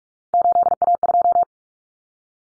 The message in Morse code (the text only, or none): 8A2